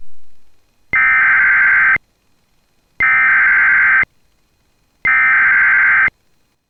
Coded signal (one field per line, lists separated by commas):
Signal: Emergency Alert System (SAME) tones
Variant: header bursts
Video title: THIS CAP WON'T BREAK... || EAS Alerts from June 18, 2024 (EAS #2,852-2,868)